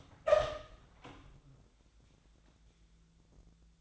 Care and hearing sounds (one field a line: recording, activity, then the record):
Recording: daily activity, microphone in the room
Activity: open door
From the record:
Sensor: 3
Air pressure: 1000.4 hPa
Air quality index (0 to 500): 171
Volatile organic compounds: 3 ppm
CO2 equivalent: 1487 ppm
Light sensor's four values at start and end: 13/32/13/14 and 13/32/13/14